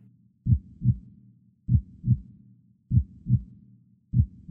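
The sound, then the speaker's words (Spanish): A deep, muffled heartbeat thumps in a steady lub-dub rhythm at midnight in an old house, four double beats at an even pace, low and booming with no other sound around it. “Pero el latido crecía cada vez más fuerte, más fuerte.”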